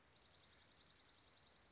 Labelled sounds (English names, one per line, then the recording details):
Dark-eyed Junco
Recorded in Sonoma County, California